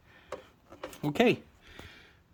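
A coolant hose on a KTM 790/890 Adventure R motorcycle is pushed down and wiggled into its retaining clip on the back side, with sharp snaps at 0.3 s and 0.8 s. Someone then talks briefly. The hose is seated in the clip on the back side.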